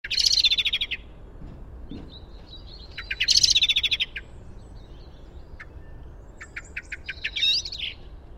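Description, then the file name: Common blackbird calls: two bursts of rapid, harsh chattering notes, each lasting about a second, then a looser series of notes. "Turdus merula"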